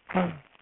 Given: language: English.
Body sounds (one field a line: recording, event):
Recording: throat vibration sensor signal played as sound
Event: throat clearing